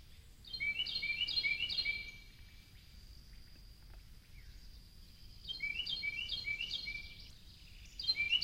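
Carolina wren song in three bursts of rapidly repeated whistled phrases, with a pause of several seconds between the first two, over steady background hiss.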